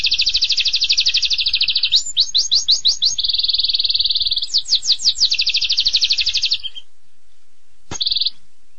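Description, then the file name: Canary song of fast high trills and sharply sweeping note series, running without pause for nearly seven seconds, then silence broken by one brief trilled burst. Canary singing constantly and vigorously (gacor). "kenari gacor"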